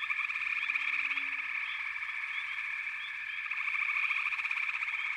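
Frogs chorusing steadily with overlapping trills and rising chirps; a faint low hum appears briefly early on, and a pulsed trill strengthens near the end.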